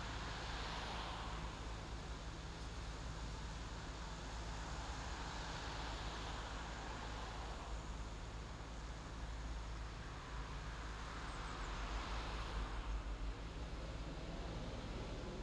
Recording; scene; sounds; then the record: everyday scene through a hearing-aid microphone; in traffic; traffic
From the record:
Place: main city hub, rush hour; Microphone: in the ear canal, left